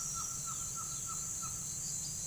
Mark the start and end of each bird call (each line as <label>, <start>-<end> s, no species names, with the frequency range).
bird call (0.7-1.8 kHz), 0.00-1.55 s